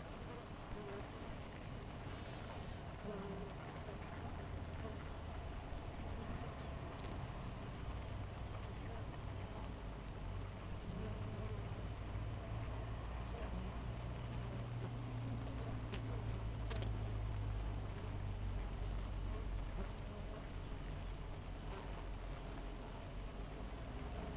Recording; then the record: honeybee colony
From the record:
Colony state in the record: missing queen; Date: 14 July 2017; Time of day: 6:36